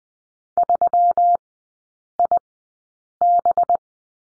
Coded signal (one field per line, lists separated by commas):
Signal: Morse code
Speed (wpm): 20 wpm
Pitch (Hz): 700 Hz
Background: none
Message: 3IB